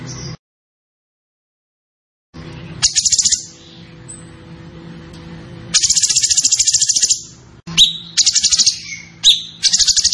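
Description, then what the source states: Zebra finch song: short bursts of very high, fast pulsed notes with gaps and a silent stretch early on, over a low hum. Master recording for training cage birds; the bird is described as gacor (singing constantly).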